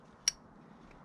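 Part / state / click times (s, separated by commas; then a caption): fog lamp bulb into front fog lamp housing / seated / 0.3 s. A fog lamp bulb on a Ford Transit Custom is pushed into the front fog lamp housing and twisted clockwise until it locks. A single sharp, bright click sounds at 0.3 s over a quiet low background hum. The bulb is seated.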